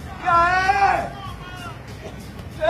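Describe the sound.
Fans passing beside the Estádio 97 stadium limousine shout over a background hubbub: a loud, drawn-out yell of several voices, then a quieter stretch of crowd murmur before another shout starts at the end.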